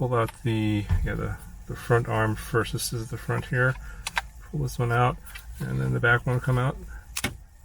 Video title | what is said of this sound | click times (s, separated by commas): Xiaomi FIMI X8 SE 4K GPS Drone Review 🚁 | It's got a very nice satisfying click on the back arm. | 7.2 s